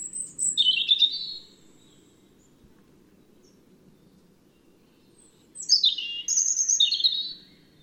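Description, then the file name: European robin song: a brief high warble at the start, a long silence, then a second phrase of sharp descending notes and tinkling twitters. "Erithacus rubecula"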